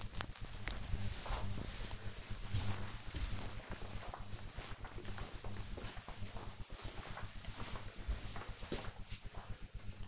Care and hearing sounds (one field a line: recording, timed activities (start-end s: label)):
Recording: household activities, microphone on the right wrist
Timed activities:
8.83-10.08 s: washing hands